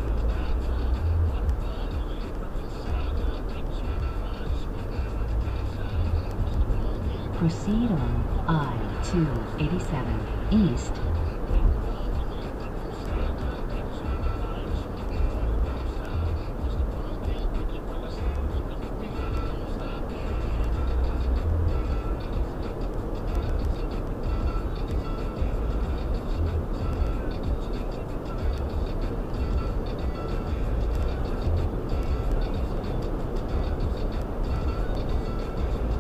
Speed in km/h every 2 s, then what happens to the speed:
87, 87, 89, 89, 92, 92, 92, 92, 89, 89, 89, 93, 93, 95, 93, 93, 97, 100.
0-20 steady at about 89. 20-36 speeds up to 100.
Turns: none.